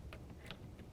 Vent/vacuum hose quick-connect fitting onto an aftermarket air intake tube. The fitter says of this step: All we have to do is push them forward and they'll snap into place.